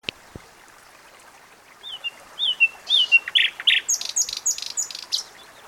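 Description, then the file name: Common nightingale song: after a quiet start, rich slurred whistles give way to loud buzzy notes and rapid trills that quickly change pitch and tone. "Luscinia megarhynchos"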